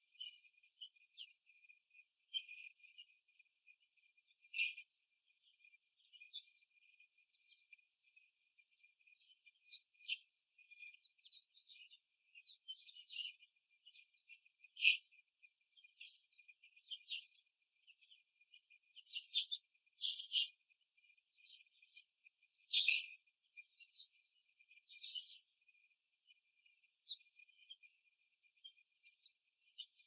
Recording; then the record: young laying hens in a cage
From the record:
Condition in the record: before the stressor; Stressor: simulated dog barking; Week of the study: 3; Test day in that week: 1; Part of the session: 1